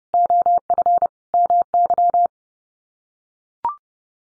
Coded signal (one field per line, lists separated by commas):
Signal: Morse code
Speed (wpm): 30 wpm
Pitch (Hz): 700 Hz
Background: none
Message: OF MY